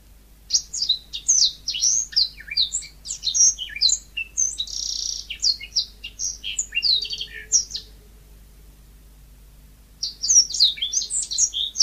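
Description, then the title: Magpie-robin pouring out a long, varied song of high whistles, trills and buzzy notes for several seconds, falling quiet briefly, then starting again. "Kicau Kacer"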